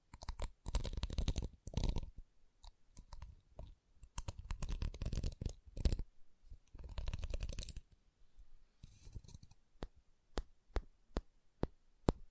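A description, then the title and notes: Wood trigger sounds: bursts of dry scratching and rubbing on wood come in clusters through the first eight seconds, each lasting about a second. After that, single sharp taps ring out at a steady pace, roughly every half second, with quiet gaps between. ASMR Calming Wood Triggers for Sleep (No Talking).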